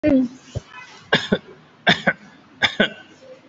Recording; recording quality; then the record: shallow voluntary cough; excellent, no background noise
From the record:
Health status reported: COVID-19 positive, mild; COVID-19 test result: positive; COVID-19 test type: RT-PCR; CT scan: taken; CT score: 3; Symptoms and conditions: cough, cold, fever, loss of smell and taste, hypertension, diabetes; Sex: male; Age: 52 years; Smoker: no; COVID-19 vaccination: both doses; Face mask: not worn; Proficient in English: yes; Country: India